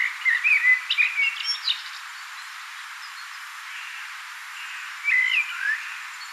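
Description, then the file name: Common blackbird singing a mellow fluted warble with squeaky high notes at the end, then a shorter second phrase after about three seconds of quiet. "Turdus merula"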